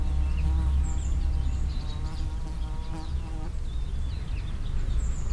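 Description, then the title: Bee buzzing close by, a steady low hum with harmonic overtones, with faint bird chirps in the background. Flying close to the microphones between trees and bushes beside a field in Walsdorf, in mild late summer wind. "Walsdorf - Bee and engines"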